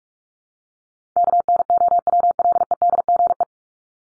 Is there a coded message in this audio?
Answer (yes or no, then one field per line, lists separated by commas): yes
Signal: Morse code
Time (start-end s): 1.2-3.4 s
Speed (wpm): 44 wpm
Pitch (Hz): 700 Hz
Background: none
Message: KNOWLEDGE